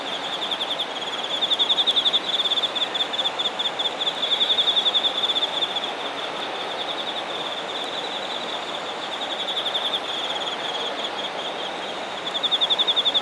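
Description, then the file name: Insect song: a sustained high pulsed trill with several louder bursts, one around two seconds and another near the end, over steady hiss. Shinagawa, Japan. "shinagawa singing insects"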